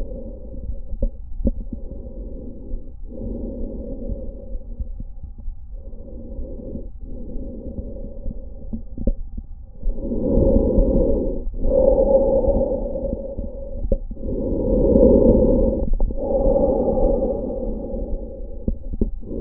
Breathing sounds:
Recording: lung sounds by stethoscope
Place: trachea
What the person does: quiet breathing, then deep breathing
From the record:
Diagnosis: interstitial lung disease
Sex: male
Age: 66 years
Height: 172 cm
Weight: 107.6 kg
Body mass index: 36.4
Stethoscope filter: diaphragm mode

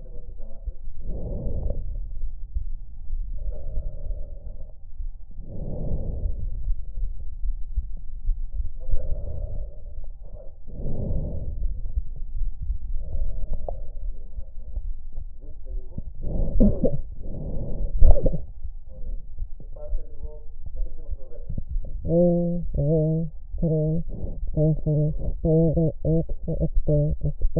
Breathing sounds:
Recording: lung sounds by stethoscope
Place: left anterior apical chest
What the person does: quiet breathing, then cough and speech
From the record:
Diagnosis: interstitial lung disease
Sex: female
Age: 72 years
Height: 158 cm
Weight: 69 kg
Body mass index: 27.6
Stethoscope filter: extended mode

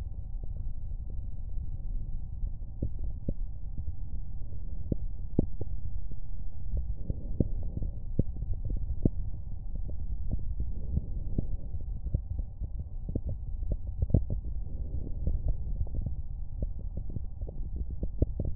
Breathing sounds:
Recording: lung sounds by stethoscope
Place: right anterior apical chest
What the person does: quiet breathing, then deep breathing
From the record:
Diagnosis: interstitial lung disease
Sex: female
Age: 53 years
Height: 168 cm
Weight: 108 kg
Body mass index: 38.3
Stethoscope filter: extended mode

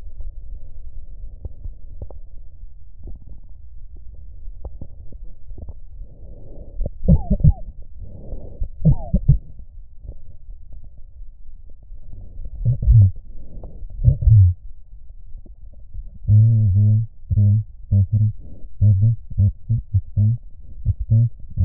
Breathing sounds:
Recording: lung sounds by stethoscope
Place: right posterior basal chest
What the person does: quiet breathing, then cough and speech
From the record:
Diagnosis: none (healthy)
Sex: male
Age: 29 years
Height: 180 cm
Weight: 100 kg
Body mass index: 30.9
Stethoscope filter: extended mode

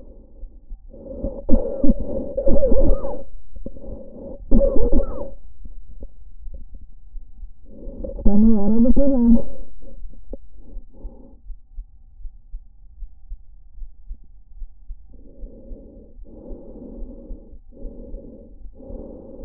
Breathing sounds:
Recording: lung sounds by stethoscope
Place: trachea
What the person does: quiet breathing, then cough and speech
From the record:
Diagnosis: interstitial lung disease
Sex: female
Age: 60 years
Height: 152 cm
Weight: 55.9 kg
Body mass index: 24.2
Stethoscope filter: diaphragm mode

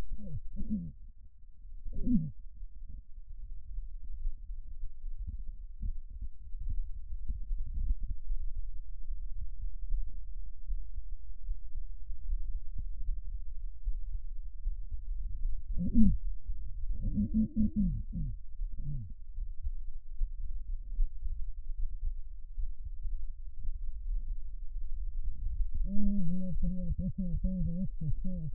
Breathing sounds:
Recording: lung sounds by stethoscope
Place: left posterior basal chest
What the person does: quiet breathing, then cough and speech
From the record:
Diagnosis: pulmonary infection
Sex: female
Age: 74 years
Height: 160 cm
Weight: 66 kg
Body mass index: 25.8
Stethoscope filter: bell mode

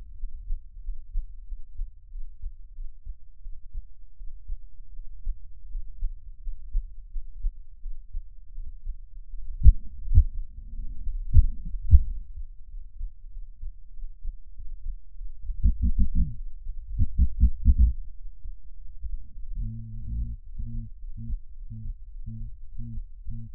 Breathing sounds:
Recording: lung sounds by stethoscope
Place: right anterior apical chest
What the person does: quiet breathing, then cough and speech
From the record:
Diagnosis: none (healthy)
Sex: male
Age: 23 years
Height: 185 cm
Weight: 93 kg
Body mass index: 27.2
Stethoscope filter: bell mode

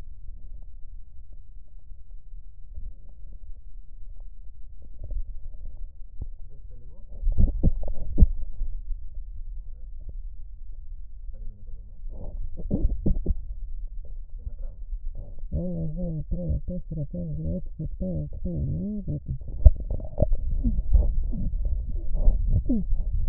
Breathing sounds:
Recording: lung sounds by stethoscope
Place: right posterior basal chest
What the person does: quiet breathing, then cough and speech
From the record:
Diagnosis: interstitial lung disease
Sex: female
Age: 70 years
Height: 160 cm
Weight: 93 kg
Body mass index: 36.3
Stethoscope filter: extended mode

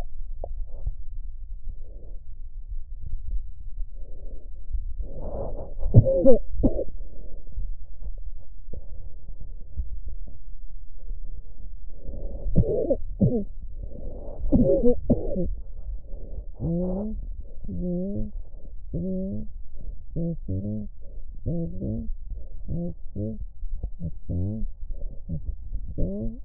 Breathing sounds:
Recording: lung sounds by stethoscope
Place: left posterior basal chest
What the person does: quiet breathing, then cough and speech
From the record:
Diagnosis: COPD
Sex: female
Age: 68 years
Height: 150 cm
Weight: 70 kg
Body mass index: 31.1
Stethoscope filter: extended mode

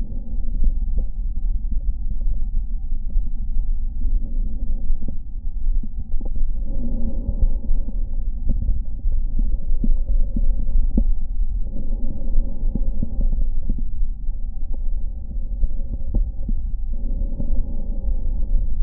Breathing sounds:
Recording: lung sounds by stethoscope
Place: right anterior apical chest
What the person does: quiet breathing, then deep breathing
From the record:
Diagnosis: interstitial lung disease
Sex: male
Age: 66 years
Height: 164 cm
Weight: 76.2 kg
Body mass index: 28.3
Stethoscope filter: diaphragm mode

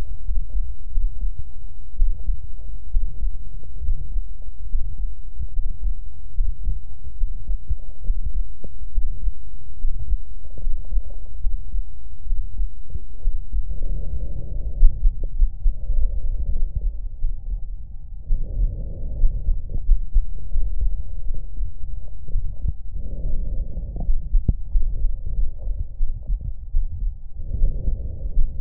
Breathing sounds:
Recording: lung sounds by stethoscope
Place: left anterior apical chest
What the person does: quiet breathing, then deep breathing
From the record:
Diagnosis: none (healthy)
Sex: male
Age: 30 years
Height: 190 cm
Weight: 88 kg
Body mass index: 24.4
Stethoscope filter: extended mode

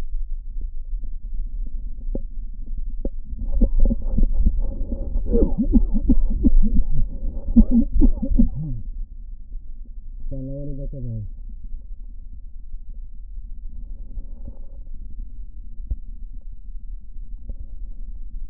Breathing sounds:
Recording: lung sounds by stethoscope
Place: right posterior basal chest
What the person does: quiet breathing, then cough and speech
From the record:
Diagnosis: COPD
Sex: male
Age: 59 years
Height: 171 cm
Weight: 91.4 kg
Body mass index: 31.3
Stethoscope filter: diaphragm mode

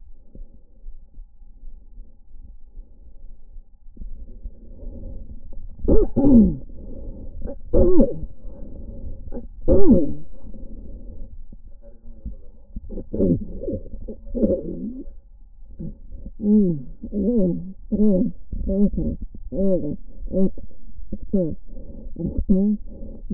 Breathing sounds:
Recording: lung sounds by stethoscope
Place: left anterior apical chest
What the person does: quiet breathing, then cough and speech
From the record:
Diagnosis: interstitial lung disease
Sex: female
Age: 72 years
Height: 153 cm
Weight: 71 kg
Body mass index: 30.3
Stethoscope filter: diaphragm mode

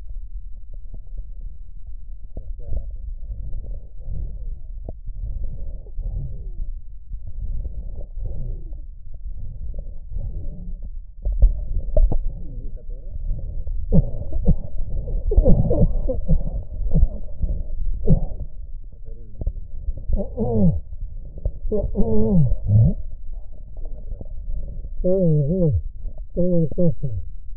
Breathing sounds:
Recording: lung sounds by stethoscope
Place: left posterior basal chest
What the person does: quiet breathing, then cough and speech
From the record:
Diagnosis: COPD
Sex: male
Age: 75 years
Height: 182 cm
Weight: 98 kg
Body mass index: 29.6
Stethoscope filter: extended mode

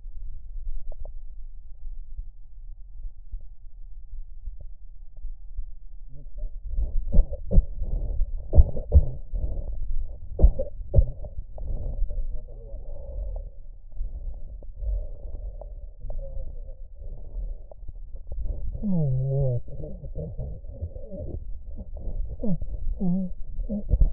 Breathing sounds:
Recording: lung sounds by stethoscope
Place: right anterior apical chest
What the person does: quiet breathing, then cough and speech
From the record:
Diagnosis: interstitial lung disease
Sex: male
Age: 82 years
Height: 158 cm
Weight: 49 kg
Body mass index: 19.6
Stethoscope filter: extended mode

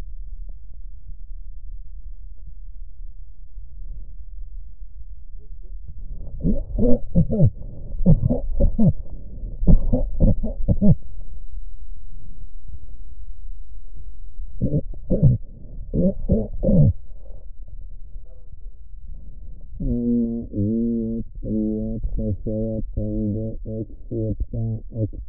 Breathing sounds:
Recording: lung sounds by stethoscope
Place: left posterior apical chest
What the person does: quiet breathing, then cough and speech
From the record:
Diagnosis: pulmonary infection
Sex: male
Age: 86 years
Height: 165 cm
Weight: 65 kg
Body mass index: 23.9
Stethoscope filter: extended mode

